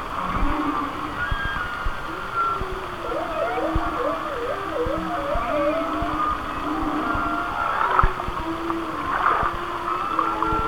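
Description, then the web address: Whale song: a wavering, looping moan that swoops up and down several times in a row, over constant churning underwater noise and occasional clicks. "Natures Songs Whale Songs Whale Songs- Mike Mc Donald"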